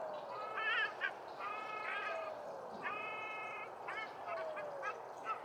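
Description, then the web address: Ruddy shelduck giving nasal, honking calls: drawn-out harmonic notes alternating with short clipped ones, spaced irregularly over several seconds against a steady background hiss. "cantos tarrocanelo"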